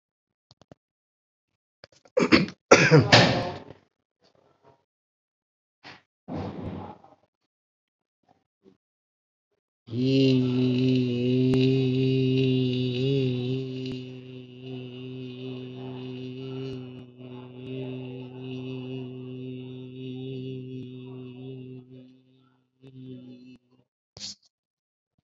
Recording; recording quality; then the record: sustained vowel as in beet; excellent, no background noise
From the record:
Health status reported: COVID-19 positive, mild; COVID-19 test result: positive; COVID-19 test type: RT-PCR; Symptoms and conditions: cough, diabetes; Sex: male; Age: 60 years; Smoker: no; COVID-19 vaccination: both doses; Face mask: not worn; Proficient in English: yes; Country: India